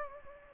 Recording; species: mosquito wingbeat signal from an infrared sensor; Anopheles gambiae